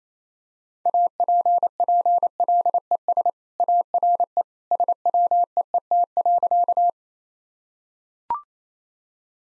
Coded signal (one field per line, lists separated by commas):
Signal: Morse code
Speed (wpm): 28 wpm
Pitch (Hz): 700 Hz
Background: none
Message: APPLES ARE SWEET.